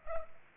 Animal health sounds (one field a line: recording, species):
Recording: mosquito wingbeat signal from an infrared sensor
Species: Culex pipiens